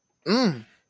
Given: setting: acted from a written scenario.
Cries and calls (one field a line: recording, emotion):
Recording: vocal sound without words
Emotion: elation